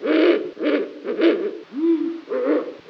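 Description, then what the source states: Ural owl calls: a series of hoarse, low barking notes, about two per second, with one smoother hooted note among them. Slovenia.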